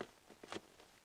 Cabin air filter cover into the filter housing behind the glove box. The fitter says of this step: Let's slide him into place and hear that lovely click.